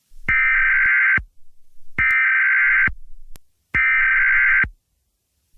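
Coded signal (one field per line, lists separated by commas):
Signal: Emergency Alert System (SAME) tones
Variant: header bursts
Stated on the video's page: Fictional EAS scenario, not a real alert.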